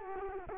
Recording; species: mosquito wingbeat signal from an infrared sensor; Culex quinquefasciatus